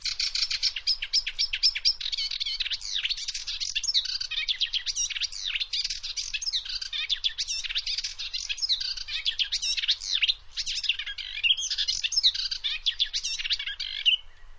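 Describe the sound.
Bird chattering, a dense, continuous stream of quick high twitters and buzzy notes running without pause for the whole stretch, with no other clear sounds.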